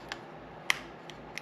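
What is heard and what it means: A small internal plastic clip inside an Apple TV Siri Remote is pressed back into place with a plastic pry piece. Faint ticks at 0.1 s, 1.1 s and 1.4 s surround a sharp, bright snap at 0.7 s as the clip seats back in.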